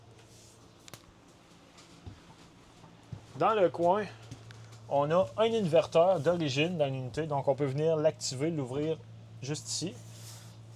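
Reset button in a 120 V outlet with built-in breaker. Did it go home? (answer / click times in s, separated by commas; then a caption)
yes / 0.9 s. Someone pushes the reset button on a 120 V outlet with a built-in breaker in a 2026 Rockwood Geopro 19FD, checking that it is latched in case the unit has no power. A short, sharp double click comes at 0.9 s and 0.9 s as the button seats engaged. Someone then talks from about 3.4 s to the end.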